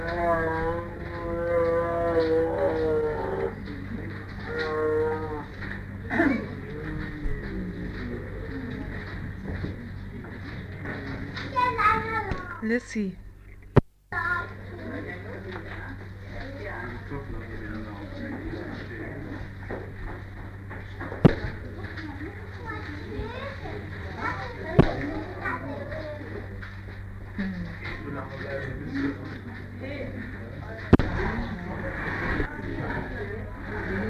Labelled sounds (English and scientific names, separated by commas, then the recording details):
Tiger (Panthera tigris)
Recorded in captivity
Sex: diverse
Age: adult
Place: Tierpark Berlin, Berlin, DE
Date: 1959-07-28
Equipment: Smaragd
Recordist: TSA
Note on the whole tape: Lissy und Cäsar: Prusten und Einzellaute. Abstand 2-3 m. Aufnahmezeit: 7.15-8.30 Uhr